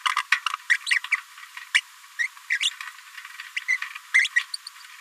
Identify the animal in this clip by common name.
Green-rumped Parrotlet